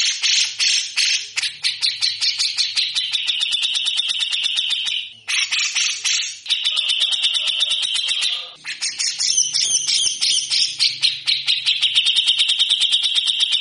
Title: MASTERAN CUCAK JENGGOT GACOR FULL BESETAN KASAR